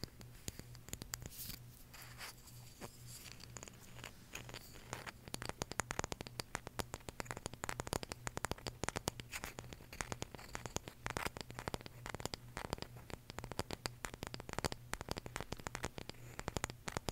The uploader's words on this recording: ASMR Tapping For Sleep (No Talking).